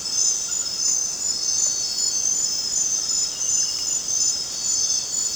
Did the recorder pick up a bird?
no